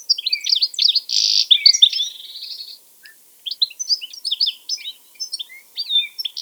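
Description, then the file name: European goldfinch twitter, a lively jumble of tinkling notes and a buzzy trill, a brief gap, then scattered bright chirps resume. "Carduelis carduelis"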